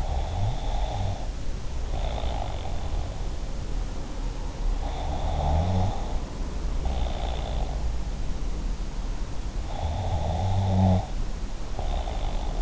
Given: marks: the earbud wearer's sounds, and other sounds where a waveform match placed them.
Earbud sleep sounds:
sounds in sleep by an in-ear microphone; snoring breath
0.00-3.28 s: snoring breath
4.89-7.70 s: snoring breath
9.86-12.62 s: snoring breath

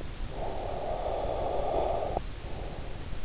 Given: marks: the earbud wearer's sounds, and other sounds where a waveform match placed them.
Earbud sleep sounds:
sounds in sleep by an in-ear microphone; breath
0.20-3.13 s: breath

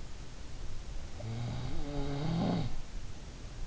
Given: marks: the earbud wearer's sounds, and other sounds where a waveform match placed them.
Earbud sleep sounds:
sounds in sleep by an in-ear microphone; snoring breath
0.70-3.16 s: snoring breath

